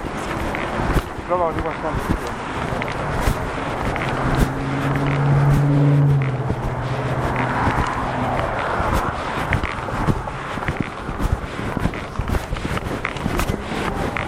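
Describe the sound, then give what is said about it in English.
A bus pulls in, its engine droning with a steady low hum that swells midway and then fades, under gusty wind noise and scattered sharp taps like footsteps. “Man, this bus came here.”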